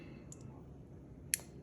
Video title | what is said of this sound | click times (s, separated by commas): iTools BT2 0 and BT2.5 Battery Replacement | if you get it you know you heard that first click if you get it kind of enclosed but not all the way it'll lock and you can just hold | 1.3 s